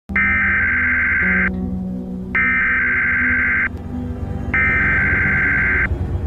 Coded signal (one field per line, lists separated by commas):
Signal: Emergency Alert System (SAME) tones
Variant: header bursts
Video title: Zombie EAS Alert 👀